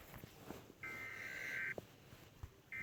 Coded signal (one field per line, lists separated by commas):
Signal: Emergency Alert System (SAME) tones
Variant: header bursts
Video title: i am rating eas sirens